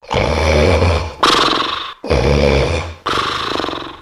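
An adult snoring.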